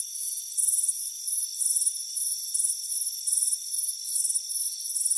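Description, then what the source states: Crickets giving bright, high-pitched chirps, louder bursts alternating with softer ones several times a second, over a steady faint hum. Chirping crickets on a warm afternoon at a front porch.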